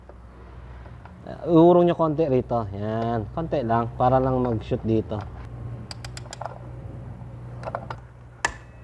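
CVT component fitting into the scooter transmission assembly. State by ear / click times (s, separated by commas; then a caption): seated / 8.4 s. Someone talks while fitting an RS8 straight performance CVT upgrade on a scooter, nudging an unnamed CVT part back slightly so it can go into the transmission assembly. After the talking stops, a few light ticks are heard, followed by a sharp click at 8.5 s as the part seats in place.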